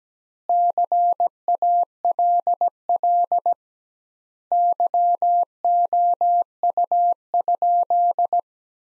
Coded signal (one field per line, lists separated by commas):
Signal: Morse code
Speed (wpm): 17 wpm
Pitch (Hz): 700 Hz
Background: none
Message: CALL YOU?